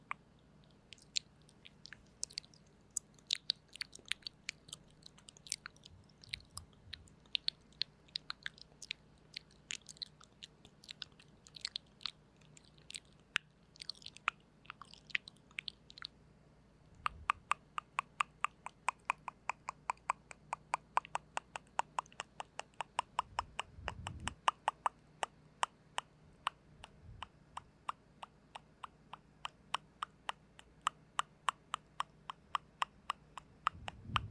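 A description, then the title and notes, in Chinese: Soft mouth sounds: small wet clicks and smacks, scattered and unhurried for the first half, then quicker and more regular after about seventeen seconds. A faint low hum stays underneath, with a few dull low bumps, the clearest near twenty-four seconds. 輕而緩的口腔音。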